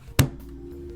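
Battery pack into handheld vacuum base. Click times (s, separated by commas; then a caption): 0.2 s. A plastic battery pack is slid into the bottom of an APOSEN 4-in-1 cordless handheld vacuum (10Kpa) and locks on. A single sharp click sounds at 0.2 s, followed by a low, steady hum. The battery pack is seated.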